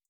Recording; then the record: hydrophone in a shrimp aquaculture tank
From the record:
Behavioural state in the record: feeding